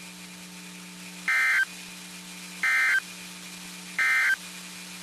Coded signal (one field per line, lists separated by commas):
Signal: Emergency Alert System (SAME) tones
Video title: EAS 1338-1346 (3/14/22)